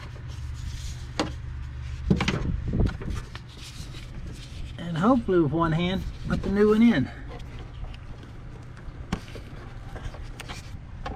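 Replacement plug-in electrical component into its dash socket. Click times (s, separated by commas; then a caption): 9.1 s. Someone talks while the old plug-in electrical part under the dash of a 2001 Jeep TJ is pulled out and the replacement is pushed one-handed into its dash socket, with scattered taps and rustles over a low steady hum. The replacement snaps into place with a sharp click at 9.1 s and is seated.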